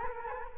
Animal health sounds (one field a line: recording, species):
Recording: mosquito wingbeat signal from an infrared sensor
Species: Culex quinquefasciatus